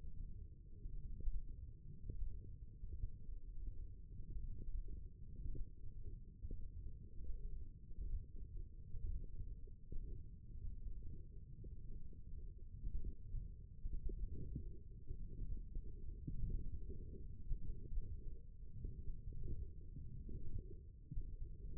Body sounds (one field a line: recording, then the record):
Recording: forearm muscle sounds (acoustic myography)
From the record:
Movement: ulnar deviation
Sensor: system 1, eight BSWA MPA416 microphones around the upper forearm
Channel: 1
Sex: female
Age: 21 years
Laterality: right